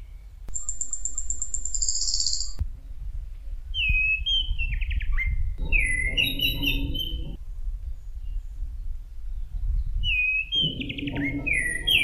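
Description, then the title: Thrush song: repeated sweet, slurred whistled phrases with quick rising and falling notes, after a high, steady buzz at the start, with low rumbling beneath some phrases. "Suara Burung Anis"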